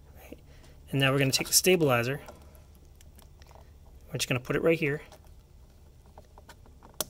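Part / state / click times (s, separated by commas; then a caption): 3D-printed keyboard stabilizer into its printed mount / seated / 7.0 s. Someone talks while positioning a 3D-printed Cherry-compatible keyboard stabilizer on its printed plastic mount, with faint light ticks of handling between the phrases. At 7.0 s the stabilizer snaps into the mount with one sharp, loud click, and it is seated.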